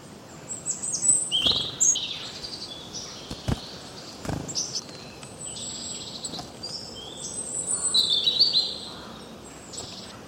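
Birds chirping with bright, high twittering notes coming in clustered bursts over a soft hiss.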